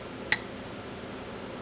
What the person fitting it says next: Everything just snaps right in place.